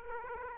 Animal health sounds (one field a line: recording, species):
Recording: mosquito wingbeat signal from an infrared sensor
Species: Aedes aegypti